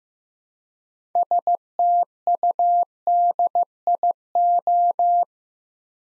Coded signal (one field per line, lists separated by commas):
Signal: Morse code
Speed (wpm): 15 wpm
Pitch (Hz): 700 Hz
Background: none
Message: STUDIO